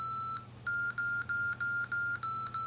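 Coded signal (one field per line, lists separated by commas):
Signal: none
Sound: an appliance's beeps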